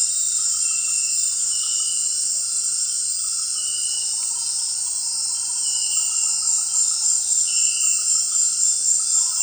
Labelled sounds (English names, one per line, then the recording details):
none
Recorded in dense forest near Puerto Asís, Putumayo, Colombia, on 25 June 2025 at 18:30
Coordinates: 0.468, -76.322
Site GP03